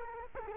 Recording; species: mosquito wingbeat signal from an infrared sensor; Culex quinquefasciatus